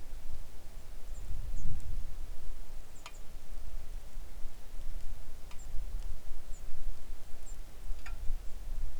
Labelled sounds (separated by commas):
songbird, wind, rain